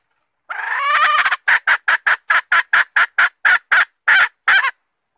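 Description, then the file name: Red junglefowl hen cackling: one drawn-out hoarse note, then a run of many short, sharp repeated notes. Hen calling to find a mate. "tieng ga rung mai keu tim kiem ban tinh"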